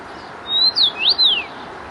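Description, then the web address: Common rosefinch giving a short phrase of clear whistled notes, alternately rising and falling, against a faint steady background hiss. Recorded at Zakole Wawerskie, Warsaw. "zakole-wawerskie nagrania dziwonia"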